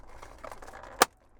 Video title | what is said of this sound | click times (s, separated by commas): In depth review CIDAVA 13” horizontal screen for 14-18 Silverado and Sierra, phone mirroring. | Snaps right in place. | 1.0 s